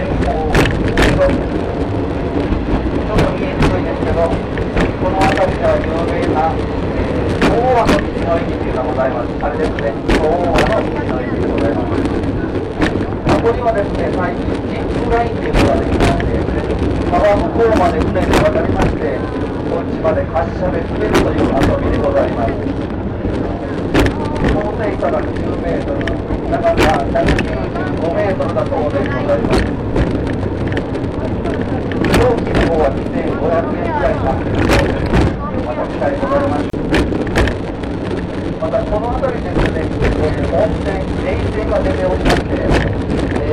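Aboard the Shimanto Torokko open trolley train, a steady low rumble runs throughout with frequent clattering wheel knocks and people talking over it.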